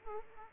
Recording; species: mosquito wingbeat signal from an infrared sensor; Aedes aegypti